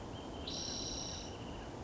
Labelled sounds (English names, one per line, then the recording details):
Spotted Towhee
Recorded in Sonoma County, California